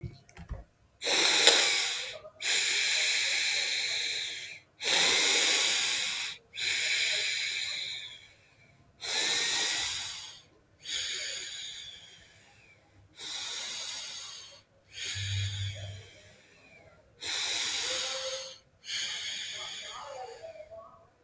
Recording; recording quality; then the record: deep breathing; excellent, no background noise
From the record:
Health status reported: healthy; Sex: male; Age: 21 years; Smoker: no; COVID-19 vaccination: both doses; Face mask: not worn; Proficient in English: yes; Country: India